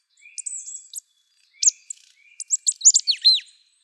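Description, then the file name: Marsh tit calling: sharp, high chirps and quick down-slurred notes in short bursts, with a thin whistled note early on; no other sounds. "Paprastoji Pilkoji Zylė- Marsh Tit - Poecile palustris"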